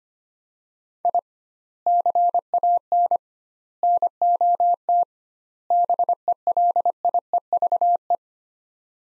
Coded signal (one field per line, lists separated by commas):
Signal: Morse code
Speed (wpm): 25 wpm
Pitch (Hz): 700 Hz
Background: none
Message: I CAN NOT BELIEVE